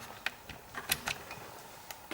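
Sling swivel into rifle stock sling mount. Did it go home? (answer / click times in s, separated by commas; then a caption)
yes / 0.3 s. A sling swivel on a Steyr "Scout Ranger" .308 Win rifle is pushed down into a sling mount on the rifle stock and turned until it snaps into place. A sharp click is heard at 0.3 s, followed by further light clicks and ticks. The swivel is seated in the mount.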